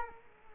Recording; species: mosquito wingbeat signal from an infrared sensor; Culex quinquefasciatus